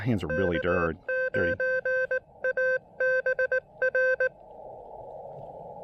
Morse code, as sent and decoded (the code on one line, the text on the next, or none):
-.- ----. .- -... .-.
K9ABR